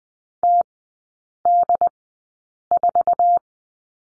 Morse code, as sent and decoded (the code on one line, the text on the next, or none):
- -.. ....-
TD4